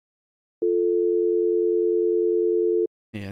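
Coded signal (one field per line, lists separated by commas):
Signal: telephone call progress tone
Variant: North America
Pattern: dial tone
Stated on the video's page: Telephone tones (dial, busy, ringout, DTMF) synthesized in Unreal Engine 5 MetaSounds for an in-game phone system.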